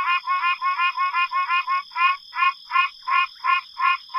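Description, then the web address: Pine Barrens treefrog repeating short nasal honks, quick at first and then slowing to about three per second, with a steady high whine behind. North America. "Songs of Frogs Toads of North America. Pine Barrens Treefrog"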